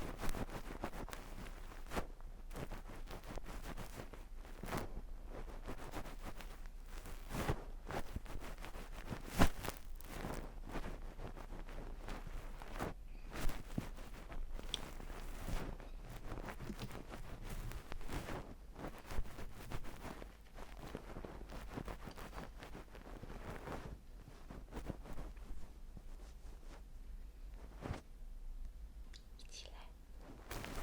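Ear-cleaning sounds fill the recording with dense, irregular scratching and rustling, broken by frequent sharp clicks and scrapes. Louder pops land around 9 and 13 seconds and again near 28 seconds. A low steady rumble sits underneath throughout.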